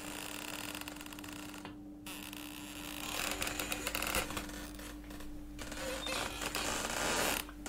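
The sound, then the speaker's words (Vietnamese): A long, grinding creak of an unlatched wooden door being pushed open by hand, rising and falling in scratchy waves over a steady low hum, with no voices. “Thầy khẽ đưa tay đẩy nhẹ vào cánh cửa gỗ, bên trong không chốt, một tiếng kêu ken két vang lên, buốt cả tai.”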